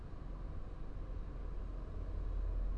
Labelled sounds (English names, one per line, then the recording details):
none
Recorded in Germany
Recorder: ecoPi